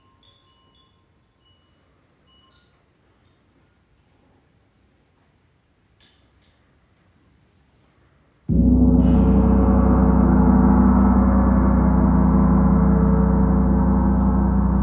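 A gong is struck after about eight seconds of near silence with faint, scattered tones. The hit blooms into a loud, sustained roar, full and deep with bright shimmering overtones, holding steady and ringing on to the end without fading much.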